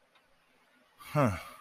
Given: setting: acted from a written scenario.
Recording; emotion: vocal sound without words; romantic love